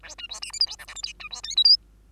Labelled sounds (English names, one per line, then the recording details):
Bengalese Finch song
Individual Bird2